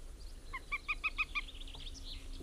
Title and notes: Liejukana. Tuukka Kupiainen. Yle